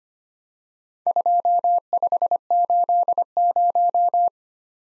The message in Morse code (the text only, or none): 2580